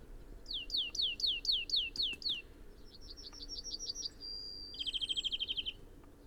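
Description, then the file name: European greenfinch giving a quick series of downslurred chirps, then a short twittering trill, a thin sustained note and a fast rattle. "Chloris chloris"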